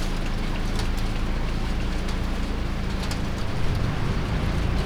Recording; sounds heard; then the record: poultry house recording; healthy chickens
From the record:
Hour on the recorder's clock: 23